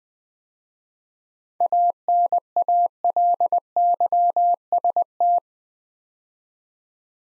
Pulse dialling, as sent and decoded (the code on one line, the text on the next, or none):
none